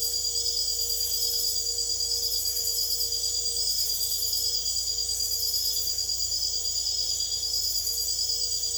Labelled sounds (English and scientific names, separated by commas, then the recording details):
none
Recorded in secondary vegetation near Puerto Asís, Putumayo, Colombia, on 26 December 2024 at 01:30
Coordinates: 0.488, -76.319
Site GP04